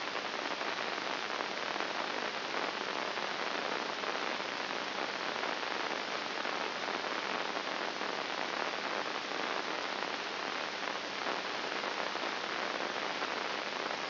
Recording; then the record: brain microelectrode recording played as sound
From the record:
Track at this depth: inside the subthalamic nucleus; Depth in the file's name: 2.101 mm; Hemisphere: right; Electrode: 2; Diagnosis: Parkinson's disease